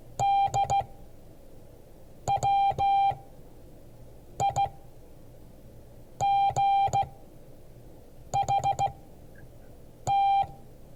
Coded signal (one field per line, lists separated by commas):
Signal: Morse code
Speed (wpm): 15 wpm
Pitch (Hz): 790 Hz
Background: none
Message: DWIGHT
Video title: Morse code class 2022 11 14